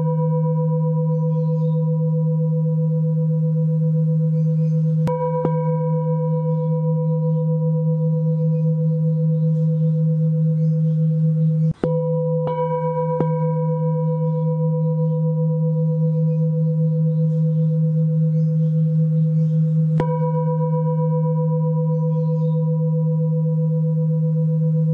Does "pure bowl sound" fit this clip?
yes